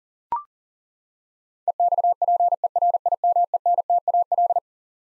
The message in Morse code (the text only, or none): EXPERIMENTAL